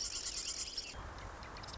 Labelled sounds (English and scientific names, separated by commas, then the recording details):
Marsh Wren (Cistothorus palustris)
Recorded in Sonoma County, California